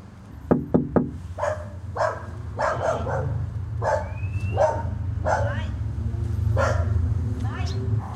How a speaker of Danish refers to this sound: Et eller andet sted er der en hund, der gør, hver gang jeg banker på dør. Og nogle ejere, der beder den om at tie stille.